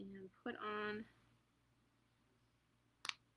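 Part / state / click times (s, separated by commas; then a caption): plastic backing cap onto a safety eye post in a plush toy / seated / 3.0 s, 3.1 s. Someone talks briefly, then a plastic backing cap is pushed onto the post of a safety eye on a small handmade plush worry pet. It snaps into place with two quick clicks at 3.0 and 3.1 seconds, leaving the cap seated.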